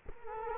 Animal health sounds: mosquito wingbeat signal from an infrared sensor; Culex quinquefasciatus

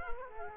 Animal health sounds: mosquito wingbeat signal from an infrared sensor; Culex quinquefasciatus

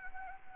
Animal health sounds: mosquito wingbeat signal from an infrared sensor; Anopheles arabiensis

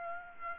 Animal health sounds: mosquito wingbeat signal from an infrared sensor; Aedes aegypti

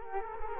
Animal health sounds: mosquito wingbeat signal from an infrared sensor; Culex quinquefasciatus

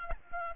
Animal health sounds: mosquito wingbeat signal from an infrared sensor; Aedes albopictus

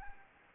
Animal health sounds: mosquito wingbeat signal from an infrared sensor; Anopheles gambiae

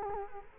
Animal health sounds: mosquito wingbeat signal from an infrared sensor; Culex quinquefasciatus

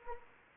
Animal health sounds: mosquito wingbeat signal from an infrared sensor; Anopheles arabiensis

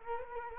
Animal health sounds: mosquito wingbeat signal from an infrared sensor; Culex quinquefasciatus

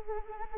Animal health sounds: mosquito wingbeat signal from an infrared sensor; Anopheles arabiensis

